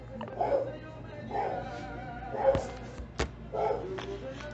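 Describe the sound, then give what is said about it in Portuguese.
A dog barks in four or five short, mid-pitched yelping bursts spaced irregularly, with a couple of sharp clicks between them over a low steady hum. “E não é a cachorra que tá latindo.”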